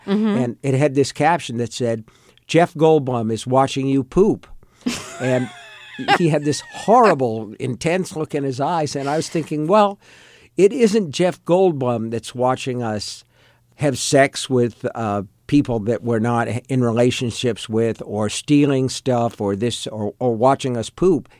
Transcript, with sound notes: And it had this caption that said - Jeff Goldblum is watching you poop.
(Laughter).
And he had this horrible, intense look in his eyes. And I was thinking, well, it isn't Jeff Goldblum that's watching us have sex with people that we're not in relationships with or stealing stuff or this or watching us poop.